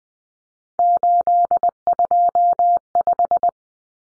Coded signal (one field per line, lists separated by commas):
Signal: Morse code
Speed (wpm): 20 wpm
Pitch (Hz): 700 Hz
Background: none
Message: 825